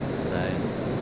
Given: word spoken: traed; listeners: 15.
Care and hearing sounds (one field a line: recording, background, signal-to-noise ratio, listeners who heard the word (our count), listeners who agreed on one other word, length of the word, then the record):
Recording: one Spanish word in noise, from a listening test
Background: speech-shaped noise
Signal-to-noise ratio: -4.8 dB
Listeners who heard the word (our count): 0 of 15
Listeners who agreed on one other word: 11 of 15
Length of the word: 0.61 s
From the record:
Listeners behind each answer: 11, 1, 1, 1, 1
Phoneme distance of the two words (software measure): 10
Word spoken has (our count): 2 syllables, 5 phonemes, stress on syllable 2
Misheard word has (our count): 2 syllables, 5 phonemes, stress on syllable 2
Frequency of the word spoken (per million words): 0.12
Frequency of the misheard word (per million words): 17.90